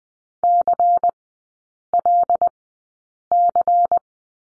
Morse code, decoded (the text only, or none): CLC